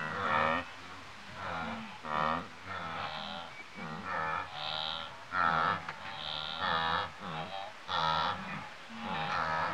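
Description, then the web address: Wildebeest giving nasal grunting honks, several animals calling in an irregular series of many short bursts. Several wildebeest grazing in Africa. "BBC Sound Effects Library. Africa. Wildebeest"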